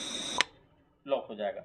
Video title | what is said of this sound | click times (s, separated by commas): gas cylinder फटने से अब नहीं होगा कोई हादसा आ गया सबसे उपयोगी सामान जाने | यहां पे थोड़ा सा इसको फोकस कीजिएगा यहां पे माइक थोड़ा यहां रखिएगा आवाज़ आएगा लॉक | 0.4 s